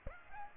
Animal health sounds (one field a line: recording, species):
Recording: mosquito wingbeat signal from an infrared sensor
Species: Aedes aegypti